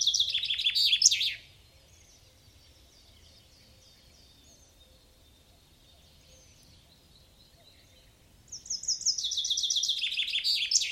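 Common chaffinch song: the end of one descending trill and flourish, then several seconds of near quiet, then another fast trill beginning.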